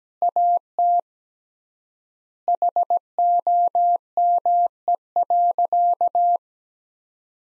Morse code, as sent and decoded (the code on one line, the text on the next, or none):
.- - / .... --- -- . .-.-.-
AT HOME.